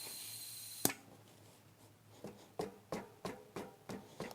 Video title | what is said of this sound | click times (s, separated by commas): How to change a tubeless mountain bike tire and add sealant | It's holding, but I didn't hear the clicks because the bead has to set, | none